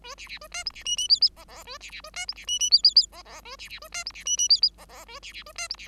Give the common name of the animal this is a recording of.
Bengalese Finch